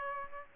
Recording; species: mosquito wingbeat signal from an infrared sensor; Aedes aegypti